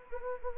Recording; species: mosquito wingbeat signal from an infrared sensor; Anopheles gambiae